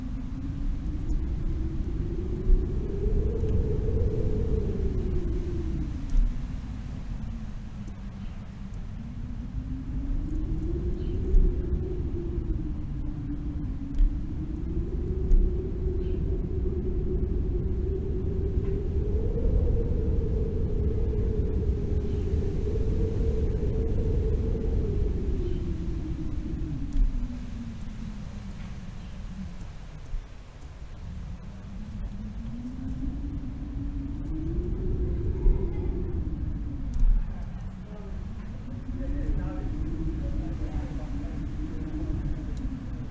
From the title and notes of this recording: The Power and Beauty of Howling Winds. This audio track captures the intense and beautiful sound of winds as they sweep across open fields, mountains, and forests.